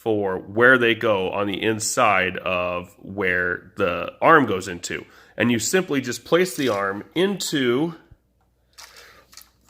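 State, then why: Not seated. Someone talks while placing a plastic propeller guard onto the arm of a Mavic Air quadcopter, lining it up before its small clips are swung across. Near the end, after the talking stops, a few faint small ticks are heard at about 8.7, 8.8, 9.4 and 9.8 seconds. The guard is only positioned; nothing has snapped or clipped into place yet.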